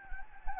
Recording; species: mosquito wingbeat signal from an infrared sensor; Anopheles gambiae